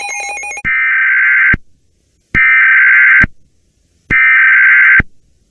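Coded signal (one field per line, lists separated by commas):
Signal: Emergency Alert System (SAME) tones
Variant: header bursts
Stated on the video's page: Weather radio EAS alerts relayed through online radio, main source on 162.475 MHz.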